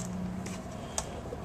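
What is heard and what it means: The plastic bottom access panel of a laptop is pressed down over the memory bay after the RAM is reinstalled. Over a low steady hum and a faint bump near 0.5 s, a single sharp snap at 1.0 s marks the panel popping into place, seated.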